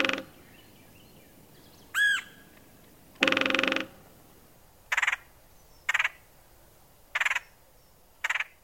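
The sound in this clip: Red-headed woodpecker giving harsh, rasping bursts with quiet gaps between, and one nasal squawk early on.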